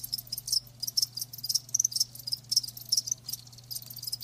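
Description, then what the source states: Cricket chorus with shrill pulsed chirps in short irregular bursts, some louder trills standing out, and a constant low hum underneath. Live crickets chirping.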